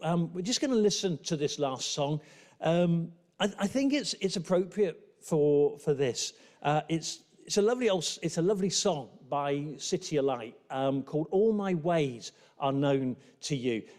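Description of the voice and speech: A man speaks clearly and fluently at a relaxed pace with brief pauses, introducing a song; ordinary speech.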